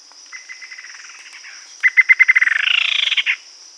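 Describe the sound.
Bird giving two trills of rapid pulses, a faint one and then a louder one that speeds up and ends in a buzzy sweep; a steady high hiss runs throughout.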